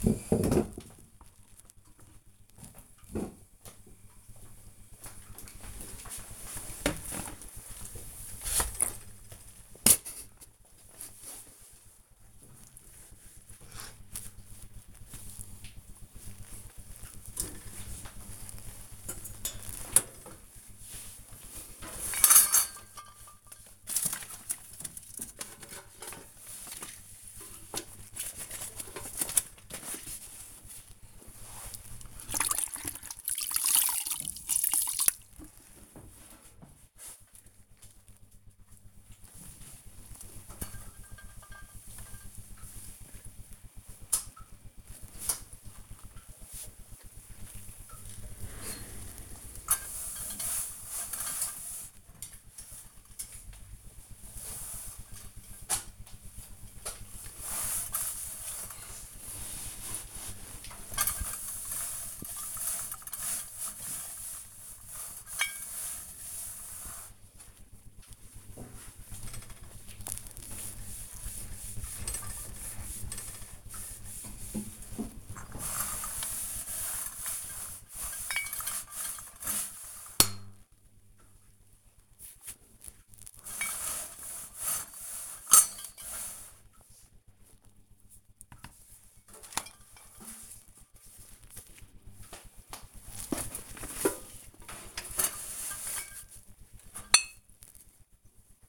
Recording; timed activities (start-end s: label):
household activities, microphone on the right wrist
0.00-98.69 s: cleaning the cupboard